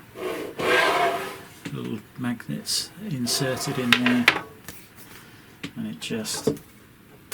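The magnetic front door of a Genmitsu 3018 CNC enclosure, held by small magnets set into the frame, is handled against its frame while someone talks. Soft rubbing and a few light knocks are heard. Nothing has clicked or seated yet.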